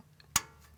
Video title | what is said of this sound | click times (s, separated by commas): DIY Replacement of a 2011 Toyota Tundra Unit Bearing - Saving $500 | pop, and you hear it snap. | 0.4 s